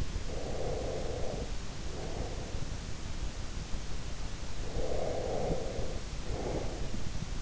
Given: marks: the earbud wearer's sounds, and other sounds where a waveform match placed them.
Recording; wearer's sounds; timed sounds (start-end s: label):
sounds in sleep by an in-ear microphone; breath
0.12-2.77 s: breath
4.58-7.42 s: breath